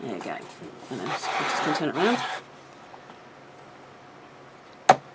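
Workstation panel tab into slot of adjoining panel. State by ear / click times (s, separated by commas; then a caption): seated / 4.9 s. A glued panel of a rotating storage workstation is turned around and its tabs are pushed into the matching slots of the adjoining board while someone talks. A sharp, brief click at 4.9 s confirms the tab has seated in its slot.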